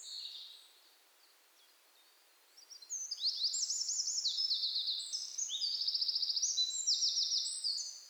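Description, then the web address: Eurasian wren singing: a faint opening fragment, a pause, then a loud, rapid stream of high trills and rattles lasting over five seconds. "SETE Troglodytes troglodytes"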